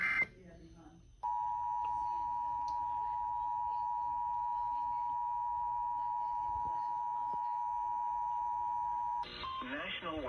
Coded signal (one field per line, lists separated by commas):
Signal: Emergency Alert System (SAME) tones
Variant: 853 and 960 Hz attention tone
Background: speech